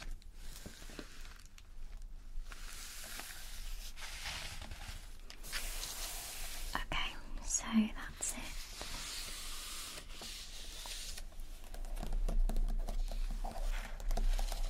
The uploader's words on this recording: ASMR Relaxing Colouring- Pencil Sounds and Visual Triggers.